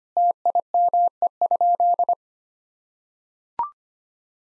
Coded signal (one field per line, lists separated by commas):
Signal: Morse code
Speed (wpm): 25 wpm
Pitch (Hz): 700 Hz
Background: none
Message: TIME?